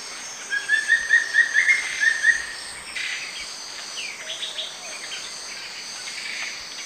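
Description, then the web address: Wing-barred piprites singing a quick series of roughly eight crisp, evenly pitched whistled notes early on, then only buzzing insects continue. Song, from the eastern lowlands of South America. "S America Eastern Lowlands Piprites chloris, song"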